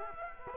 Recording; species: mosquito wingbeat signal from an infrared sensor; Culex quinquefasciatus